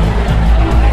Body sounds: background sound without coughing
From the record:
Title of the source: Party Noise 1 Hour Party Ambience

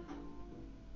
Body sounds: background sound without coughing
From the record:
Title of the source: BackgroundMusic3

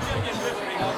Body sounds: coughing mixed with background sound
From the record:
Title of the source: Spring Cold Coughing 3

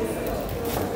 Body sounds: background sound without coughing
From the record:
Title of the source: 40 min - Ambience sounds UNIVERSITY lunchroom chatting

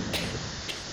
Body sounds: coughing mixed with background sound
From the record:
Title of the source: 55 gaggy wet cough

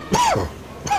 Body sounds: coughing mixed with background sound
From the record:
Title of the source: Dry Coughing Fit in the Afternoon.

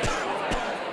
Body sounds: coughing mixed with background sound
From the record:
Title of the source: Coughing 51

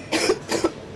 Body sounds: coughing mixed with background sound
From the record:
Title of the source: 61 morning phlegmy cough...again

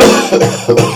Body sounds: coughing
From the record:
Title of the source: Cough Around the Clock!

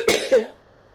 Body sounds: coughing mixed with background sound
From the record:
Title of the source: 60 coughing still (deep and wet cough)

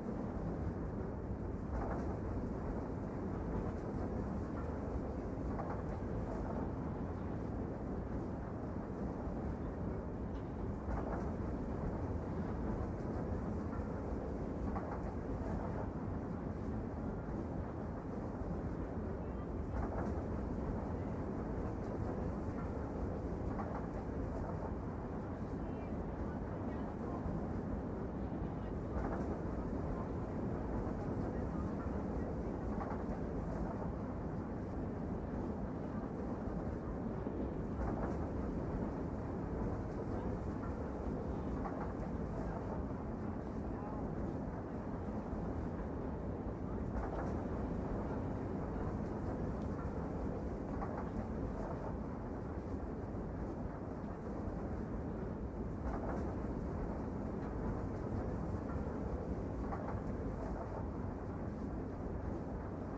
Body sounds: background sound without coughing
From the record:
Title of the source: Train Ride Ambience ambient white noise for sleeping, focus, studying, reading

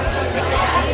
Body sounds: background sound without coughing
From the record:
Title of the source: CITY SOUNDS Busy Bar in the Evening Night - 2 HOURS of Ambiance for Relaxation

